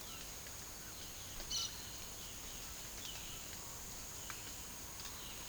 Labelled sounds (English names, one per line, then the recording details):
White-throated Toucan
Cobalt-winged Parakeet
Violaceous Jay
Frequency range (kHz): White-throated Toucan 0.5-2.4 kHz; Cobalt-winged Parakeet 2.7-7.0 kHz; Violaceous Jay 2.3-4.4 kHz
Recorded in pastures near Puerto Asís, Putumayo, Colombia, on 29 June 2025 at 12:30
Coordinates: 0.497, -76.327
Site G040